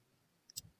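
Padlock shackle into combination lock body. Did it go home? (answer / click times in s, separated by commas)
yes / 0.5 s, 0.6 s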